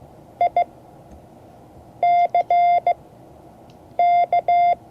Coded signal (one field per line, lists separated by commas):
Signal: Morse code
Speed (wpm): 16 wpm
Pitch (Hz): 700 Hz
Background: none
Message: ICK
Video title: Morse code class 2024-07-23 (2 of 12)